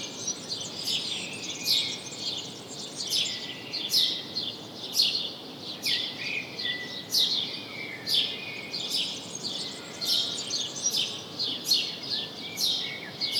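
House sparrow giving a long series of short, high chirps at an irregular pace, with steady hissing noise underneath throughout.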